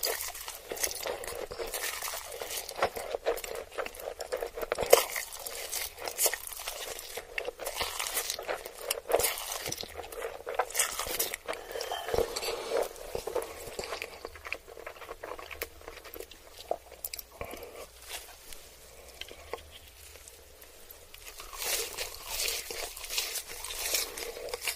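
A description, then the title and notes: Someone eats ramen noodles and chicken nuggets, with a steady run of wet, crackly chewing, slurping and squishy mouth sounds throughout. Brighter bursts come irregularly every second or so, a little louder near the start and again toward the end, with little deep sound underneath. Eating ramen noodles and chicken nuggets.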